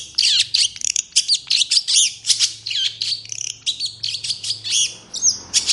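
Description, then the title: Long-tailed shrike song of rapid harsh, buzzy phrases and squeaky notes, run together in a busy stream, with a low hum in the background. Singing energetically in the morning; clear, varied song with repeated "toet toet" notes, described as easy to imitate. "Cendet Gacor Dor Di Kala Pagi Toet Toet Variasi Suara Jernih Mudah Di Tiru"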